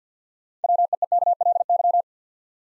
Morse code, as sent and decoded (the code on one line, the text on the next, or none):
.-- . . -.- .-.. -.--
WEEKLY